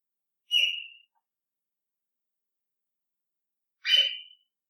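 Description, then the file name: Bird giving two short calls about three seconds apart, each a brief burst with a quickly fading tail, with silence between them. Bird calling at night, recorded 13 July 2015 at about 02:17. "Yoru Naku Tori 20150713-021708"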